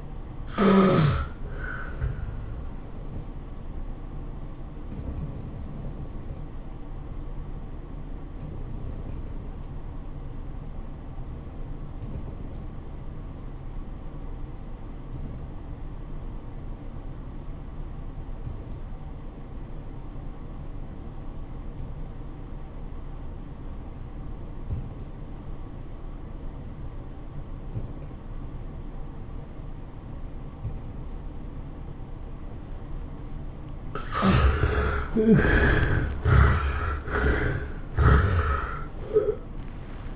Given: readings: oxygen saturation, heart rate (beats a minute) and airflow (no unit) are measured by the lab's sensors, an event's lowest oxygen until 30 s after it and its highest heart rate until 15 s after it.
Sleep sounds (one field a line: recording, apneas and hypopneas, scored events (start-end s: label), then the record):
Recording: breathing in sleep by a smartphone at the bedside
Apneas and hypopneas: 1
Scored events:
6.00-33.10 s: obstructive apnea (REM, oxygen 94% highest, then 66% lowest, heart rate 103 at the start, 112 highest)
From the record:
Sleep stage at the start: REM sleep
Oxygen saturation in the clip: 64 to 94%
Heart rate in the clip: 80 to 112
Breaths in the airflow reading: 3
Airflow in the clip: -17.4 to 12.4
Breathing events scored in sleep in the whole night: 403 in 5.5 hours asleep